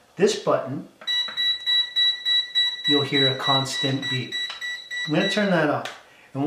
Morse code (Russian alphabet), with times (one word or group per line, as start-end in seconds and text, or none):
none